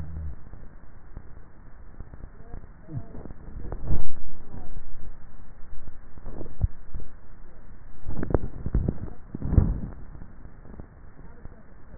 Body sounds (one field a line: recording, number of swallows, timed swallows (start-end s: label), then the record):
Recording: swallowing sounds by neck microphone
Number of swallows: 1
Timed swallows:
6.38-7.28 s: swallow
From the record:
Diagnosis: dysphagia